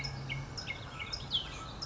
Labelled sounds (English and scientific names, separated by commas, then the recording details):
California Towhee (Melozone crissalis)
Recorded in Sonoma County, California